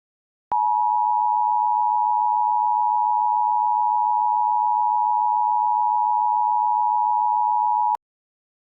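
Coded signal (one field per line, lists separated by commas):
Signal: Emergency Alert System (SAME) tones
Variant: 853 and 960 Hz attention tone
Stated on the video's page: Mock EAS test on an AT&T cable system.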